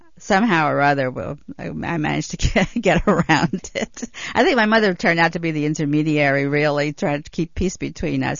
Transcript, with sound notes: somehow or other I managed to get around it. (She laughs) I think my mother turned out to be the intermediary, really, trying to keep peace between us.